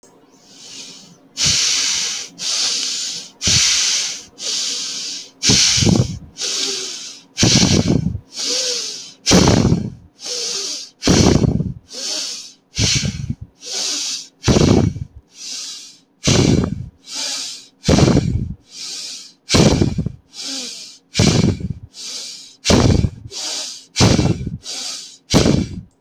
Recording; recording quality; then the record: shallow breathing; excellent, no background noise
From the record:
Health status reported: healthy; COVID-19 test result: not tested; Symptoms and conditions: none ticked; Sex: male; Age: 33 years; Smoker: not ticked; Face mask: not worn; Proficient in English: yes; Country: India